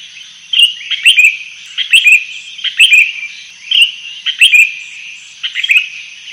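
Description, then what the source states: Sooty-headed bulbul repeating quick, chattering song bursts about once a second, bright and bubbly. Song described as gacor, meaning vigorous, persistent singing.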